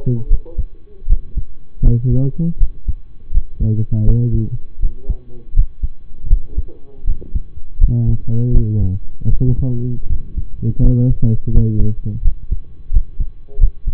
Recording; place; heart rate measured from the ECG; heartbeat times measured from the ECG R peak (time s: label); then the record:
heart sounds by stethoscope; between the tricuspid and mitral areas; 81 bpm
0.28 s: heartbeat
1.06 s: heartbeat
1.81 s: heartbeat
2.58 s: heartbeat
3.31 s: heartbeat
4.04 s: heartbeat
4.79 s: heartbeat
5.53 s: heartbeat
6.27 s: heartbeat
7.04 s: heartbeat
7.78 s: heartbeat
8.51 s: heartbeat
9.28 s: heartbeat
10.07 s: heartbeat
10.80 s: heartbeat
11.51 s: heartbeat
12.22 s: heartbeat
12.90 s: heartbeat
13.57 s: heartbeat
From the record:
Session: rest, lying down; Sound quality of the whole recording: partially saturated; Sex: male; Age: 25 years